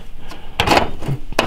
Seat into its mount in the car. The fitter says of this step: turn it I am right there locks into place so